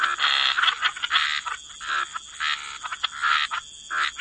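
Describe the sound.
Frog chorus of harsh, rasping croaks in irregular clustered bursts, with a constant thin high tone behind.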